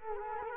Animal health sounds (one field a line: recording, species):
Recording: mosquito wingbeat signal from an infrared sensor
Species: Culex quinquefasciatus